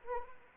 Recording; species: mosquito wingbeat signal from an infrared sensor; Anopheles arabiensis